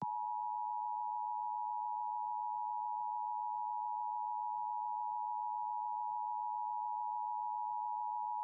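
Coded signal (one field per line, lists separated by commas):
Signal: Emergency Alert System (SAME) tones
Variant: 853 and 960 Hz attention tone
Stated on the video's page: Heard during live AM/MW DX session on Perseus, Elad FDM-S3 and Flex 6400 SDRs with KAZ, Superloop and phased loop antennas.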